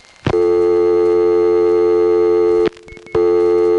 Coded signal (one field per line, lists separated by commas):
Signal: telephone call progress tone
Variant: North America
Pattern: dial tone